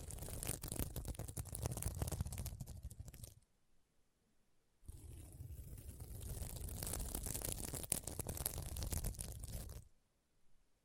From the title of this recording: SequinMermaid Pillow Scratching Sounds